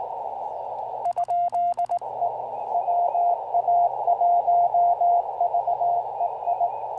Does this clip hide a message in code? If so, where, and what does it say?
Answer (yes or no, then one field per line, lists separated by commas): yes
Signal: Morse code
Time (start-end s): 1.1-6.7 s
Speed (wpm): 20 wpm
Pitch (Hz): 700 Hz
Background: radio noise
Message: ? E WA1VEI